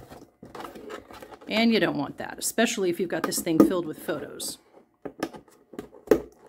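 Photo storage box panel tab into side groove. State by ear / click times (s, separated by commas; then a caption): seated / 6.1 s. Someone talks while pressing the tabs of a Power Sort Box photo storage box panel into its side grooves, with a few light clicks and handling sounds around 5.1 to 5.8 s. A sharp snap at 6.1 s shows the tab has seated and the main container comes together, which keeps the box from falling apart.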